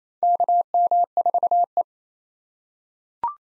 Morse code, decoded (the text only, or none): KM4E